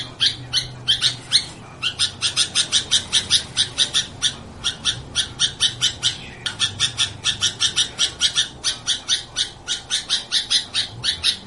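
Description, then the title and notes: Sooty-headed bulbul chattering in long, dense bursts of sharp high chirps, nearly continuous, broken by a few short gaps. Described as gacor, a term for a bird that sings constantly. "kutilang gacor"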